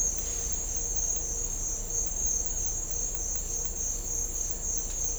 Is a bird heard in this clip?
no